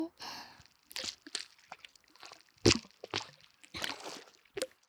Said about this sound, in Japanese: お顔に落書きしてるみたい。お鼻の下、たっぷり泡塗って。